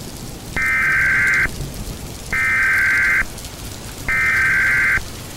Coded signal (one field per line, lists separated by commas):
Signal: Emergency Alert System (SAME) tones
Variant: header bursts